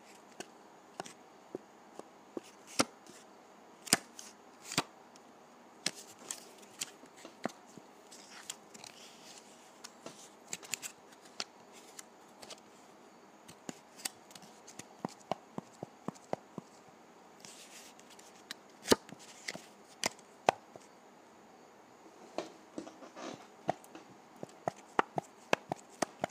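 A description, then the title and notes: Dry putty is squeezed and broken, giving a steady stream of sharp, crisp clicks and crackles at irregular moments throughout. Some snaps stand out louder than others, over a quiet, faintly hissy background. ASMR Dry Putty.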